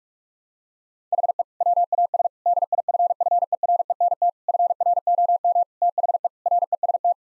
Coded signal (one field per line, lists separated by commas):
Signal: Morse code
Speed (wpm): 46 wpm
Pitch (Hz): 700 Hz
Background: none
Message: HE WAS DIFFERENT FROM THE REST